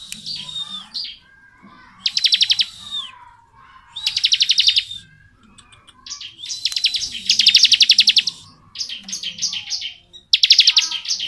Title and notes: Ciblek Ngebren Untuk Masteran Murai Batu. Suara burung ciblek - Suara Nada